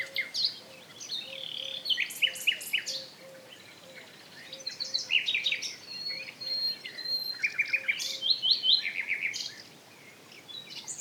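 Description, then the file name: Common nightingale song, bursts of quick repeated notes and trills in varied phrases, over a steady series of soft low notes. "Luscinia megarhynchos"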